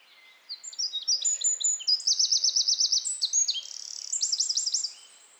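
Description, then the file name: Eurasian wren singing a vigorous, very high song of sharp chips running into a rapid buzzy trill, then more trills and notes, about four and a half seconds long. "Troglodytes troglodytes"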